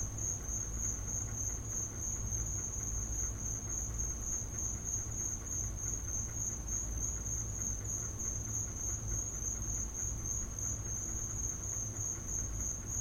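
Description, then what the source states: Crickets trilling in a steady, continuous high trill that runs unbroken throughout, over a low rumble. Field recording of crickets in the recordist's back yard.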